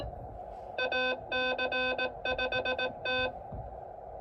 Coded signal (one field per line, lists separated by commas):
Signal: Morse code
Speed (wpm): 18 wpm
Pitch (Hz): 1550 Hz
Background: none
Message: AC5T